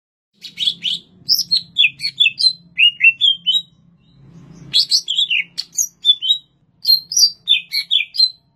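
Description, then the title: Greater green leafbird song: rapid bursts of clear whistled and slurred notes, rising and falling, in two phrases split by a short pause, over a faint low hum. Recorded in Banyuwangi, Indonesia. "cucak_ijo_banyuwangi"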